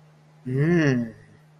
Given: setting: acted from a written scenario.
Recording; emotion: vocal sound without words; desire